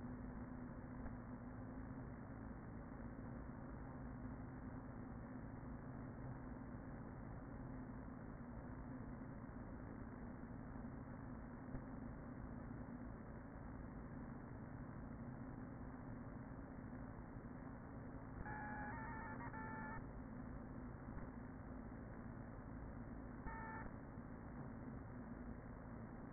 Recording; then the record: honeybee colony, microphone inside the hive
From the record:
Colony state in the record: queen present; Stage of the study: after two queens were removed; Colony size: about 40,000 bees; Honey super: no